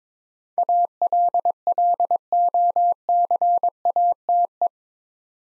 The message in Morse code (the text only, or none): ALLOCATE